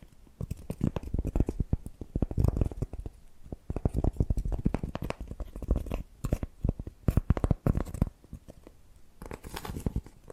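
Tapping and scratching sounds come in quick, irregular bursts, with dense clusters of soft knocks and rough scraping, heaviest around two to three seconds and again near nine seconds. Brief sharp clicks cut through now and then, with short quieter gaps between flurries.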